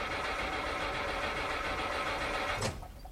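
A car engine cranks in a steady, whirring churn for over two seconds without catching, then cuts off with a brief clunk as the noise drops away.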